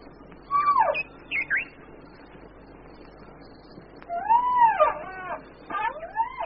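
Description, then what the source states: White rhinoceros giving high whining squeals, each rising then falling: a few calls, a quiet pause, then several more. Two young orphaned white rhinos of the bush, one female.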